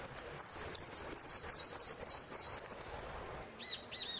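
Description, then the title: Saffron finch singing a fast, continuous run of high, slurred buzzy notes for about three seconds, then a few softer, lower arched notes. "Jilguero Argentino"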